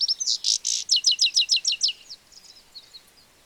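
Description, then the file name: European goldfinch song: a fast run of high, tinkling, buzzy notes, then a rapid repeated twittering series that fades into faint softer chips. "Carduelis carduelis"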